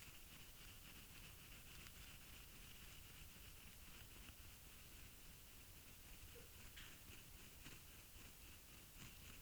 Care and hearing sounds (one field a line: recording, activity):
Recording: daily activity, guitar pickup as the sensor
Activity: brush teeth